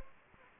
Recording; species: mosquito wingbeat signal from an infrared sensor; Anopheles gambiae